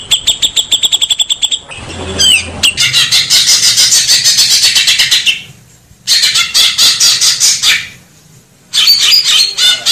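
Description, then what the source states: Grey-cheeked bulbul song, rapid ticking notes, then long harsh chattering phrases separated by pauses, with a brief low engine-like sound near the start. Masteran, made for training cage birds.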